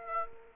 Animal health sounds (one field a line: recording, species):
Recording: mosquito wingbeat signal from an infrared sensor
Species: Aedes aegypti